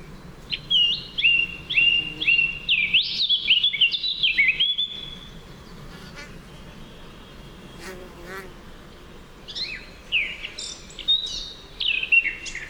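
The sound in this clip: Eurasian blackcap song: quick bursts of chirpy, varied notes with some sliding upward, in two busy phrases separated by a quieter gap, over a faint background hiss.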